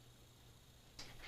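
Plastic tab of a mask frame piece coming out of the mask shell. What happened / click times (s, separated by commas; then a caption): The plastic tab popped out of its hole / 1.0 s. A plastic tab on a frame piece of a Virtue Vio paintball mask is pulled by hand out of its hole in the mask shell. After a quiet stretch with a low steady hum, a single sharp pop sounds at 1.0 s as the tab releases.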